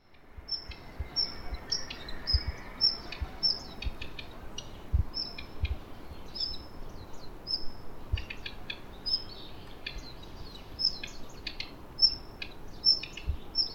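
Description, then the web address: Bird calls, a busy stream of sharp high chirps and brief whistled notes scattered irregularly throughout, with a constant low background rumble. "yacho koe"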